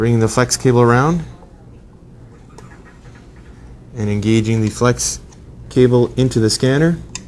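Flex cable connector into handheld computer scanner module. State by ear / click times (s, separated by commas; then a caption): not seated / none. A flex cable is routed around and its connector is pressed into the scanner module of a handheld computer while someone talks, with a quiet pause in the middle. Nothing has seated or clicked yet.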